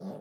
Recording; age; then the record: pig call; piglet (1 to 25 days)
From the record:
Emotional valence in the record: negative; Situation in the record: short isolation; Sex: female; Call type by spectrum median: low-frequency call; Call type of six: low-frequency stable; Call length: 0.21 s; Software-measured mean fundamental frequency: 62 Hz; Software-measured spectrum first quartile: 195 Hz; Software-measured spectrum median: 320 Hz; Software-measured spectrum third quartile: 588 Hz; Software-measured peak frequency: 198 Hz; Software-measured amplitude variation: 92 dB a second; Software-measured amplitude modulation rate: 18.8 a second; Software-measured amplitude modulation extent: 4.9 dB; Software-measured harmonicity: 3.6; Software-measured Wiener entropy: -0.08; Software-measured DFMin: 1366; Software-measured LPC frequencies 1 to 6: 555, 3502, 4498, 5020, 7575, 8579 Hz